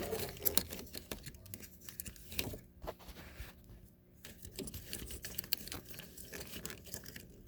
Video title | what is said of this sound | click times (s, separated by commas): 2014 Ford Focus How to Remove & Replace O2 Oxygen Sensor Bank 1 Sensor 1 Location | You hear that click, you know, just clicked in and it's good. | 5.5 s